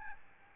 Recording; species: mosquito wingbeat signal from an infrared sensor; Aedes albopictus